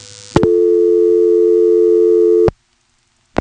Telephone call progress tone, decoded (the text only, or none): dial tone